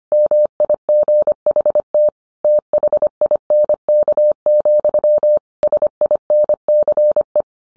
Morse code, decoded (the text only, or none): MIGHT THINK, SINCE